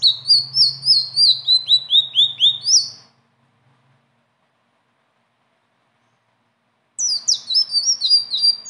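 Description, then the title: Blue-winged leafbird song: a steady three-second run of repeated downslurred high whistles, a long quiet spell, then another rapid whistled burst. Singing energetically with a varied rolling song including mimicked filler phrases; recording used as a tutor for training other birds. "BURUNG SELENDANG BIRU GACOR NGEROLL ISIAN"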